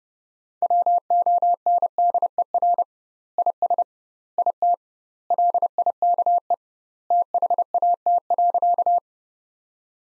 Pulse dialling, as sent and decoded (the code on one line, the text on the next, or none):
none